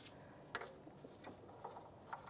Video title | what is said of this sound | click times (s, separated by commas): How to Replace Exhaust Manifold 1992-1996 Ford F-150 | The throttle body sensor. Click it on. | 0.6 s